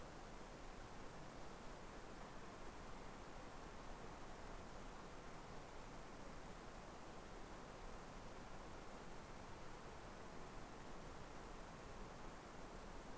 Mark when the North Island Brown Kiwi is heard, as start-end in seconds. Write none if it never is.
none